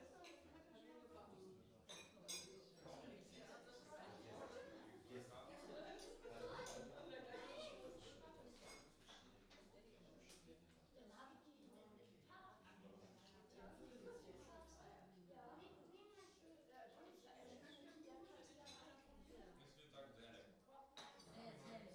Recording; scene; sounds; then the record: everyday scene through a hearing-aid microphone; many people talking; many voices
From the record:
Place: parish hall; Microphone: in the ear canal, right